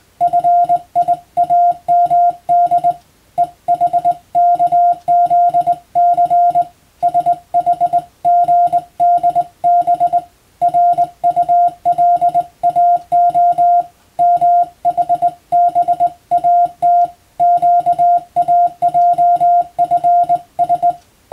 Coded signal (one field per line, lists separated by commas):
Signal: Morse code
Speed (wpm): 21 wpm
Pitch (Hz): 700 Hz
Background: music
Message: FIAMD EHKZC SHGDB RULAO MHBAT QAJFS